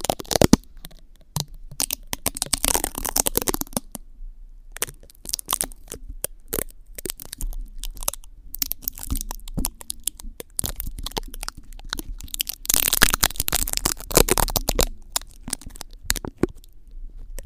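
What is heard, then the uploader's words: Sharp taps and clicks on glass, mixed with crackling, tearing sticker sounds and scratching, come in uneven clusters throughout. The densest, brightest rustling bursts fall around two to four seconds and again near thirteen to fifteen seconds, with quieter gaps between. Glass tapping , head scratcher, stickers, mouth sounds.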